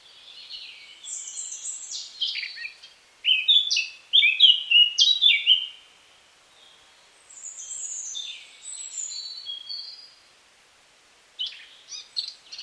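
Eurasian Blackcap song in several bursts: high scratchy warbling, then louder rapid chattering phrases, a quieter warble and a short closing burst after a pause.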